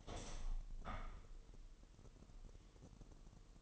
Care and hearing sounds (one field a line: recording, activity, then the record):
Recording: daily activity, microphone in the room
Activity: open window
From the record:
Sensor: 4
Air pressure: 1000.7 hPa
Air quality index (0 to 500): 242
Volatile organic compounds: 40 ppm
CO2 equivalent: 3146 ppm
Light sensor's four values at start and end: 9/20/8/7 and 9/20/8/8